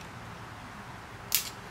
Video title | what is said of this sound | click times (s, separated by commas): Late Model Toyota Tacoma cvAxle Disassembly | now we heard the click I'm gonna check for visual confirmation | 1.4 s